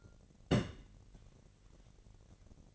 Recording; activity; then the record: daily activity, microphone in the room; place on stove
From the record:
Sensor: 4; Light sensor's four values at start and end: 26/61/25/25 and 25/60/24/24